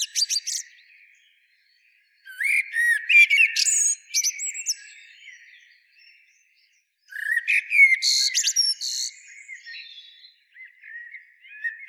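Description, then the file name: Eurasian blackbird song: loud phrases of fluty warbling topped by shrill twittering, with faint low warbles and silences between them. "Turdus merula"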